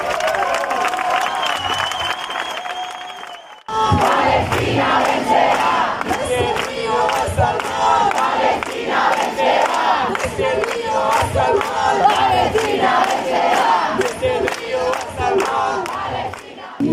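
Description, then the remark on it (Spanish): A large crowd chants loudly and rhythmically at a solidarity rally for the Global March to Palestine (Gaza), June 2025, many voices shouting together in a steady cadence, after a few seconds of quieter murmuring and a sustained tone at the start. “estamos aquí presenciando la concentración en solidaridad de la Marcha Global hacia Palestina.”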